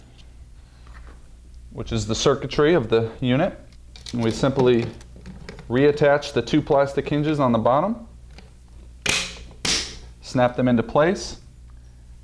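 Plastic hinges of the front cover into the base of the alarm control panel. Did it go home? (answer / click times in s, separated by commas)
yes / 9.1 s, 9.6 s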